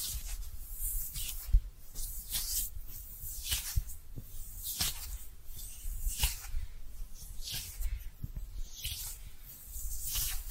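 Soft brushing strokes sweep in repeated bright, hissy bursts about every second, with faint squishy taps and low thuds between them.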